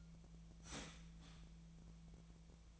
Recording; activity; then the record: daily activity, microphone in the room; start toaster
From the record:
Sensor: 1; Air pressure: 1009.3 hPa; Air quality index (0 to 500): 195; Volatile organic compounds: 19 ppm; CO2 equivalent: 2666 ppm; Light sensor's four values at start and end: 28/71/29/35 and 28/71/29/35